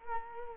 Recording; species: mosquito wingbeat signal from an infrared sensor; Culex quinquefasciatus